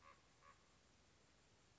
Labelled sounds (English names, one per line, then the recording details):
Common Raven
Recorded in Sonoma County, California